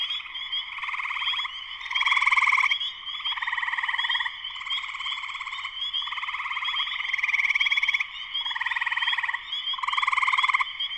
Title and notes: Spring peepers (chorus frogs) in concert. Spring peepers (chorus frogs) in full chorus shortly after sunset in the Sleeping Bear Dunes National Lakeshore in northern Michigan, USA. Recorded by Darrin Wassom. Part of the Music for Sleep project